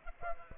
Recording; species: mosquito wingbeat signal from an infrared sensor; Aedes aegypti